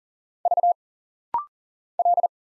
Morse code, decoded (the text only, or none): V L